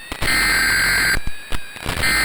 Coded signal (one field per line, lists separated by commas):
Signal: Emergency Alert System (SAME) tones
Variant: header bursts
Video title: World War III - EAS Scenario (Remastered)